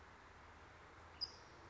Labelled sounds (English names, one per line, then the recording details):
California Towhee
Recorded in Sonoma County, California